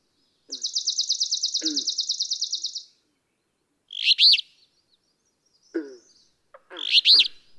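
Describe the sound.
Alder flycatcher song: two burry, arching phrases, after a long, fast, dry trill; low chip notes also heard.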